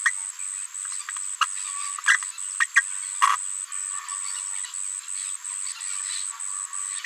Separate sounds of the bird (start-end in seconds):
1.41-1.46, 2.07-2.17, 2.60-2.65, 2.76-2.81, 3.22-3.36